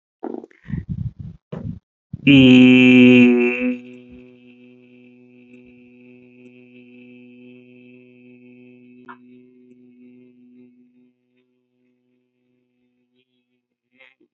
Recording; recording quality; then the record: sustained vowel as in beet; excellent, no background noise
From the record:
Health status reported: healthy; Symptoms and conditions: hypertension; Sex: male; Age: 52 years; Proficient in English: yes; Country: India